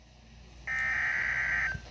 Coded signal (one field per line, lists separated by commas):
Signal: Emergency Alert System (SAME) tones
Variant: header bursts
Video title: SVR...after SVR...part 2 (EAS Alerts #011 to #015)